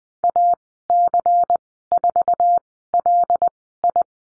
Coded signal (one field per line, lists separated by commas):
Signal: Morse code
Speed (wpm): 19 wpm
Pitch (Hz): 700 Hz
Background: none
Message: AC4LI